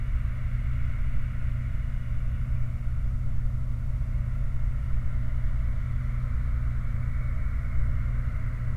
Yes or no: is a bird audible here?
no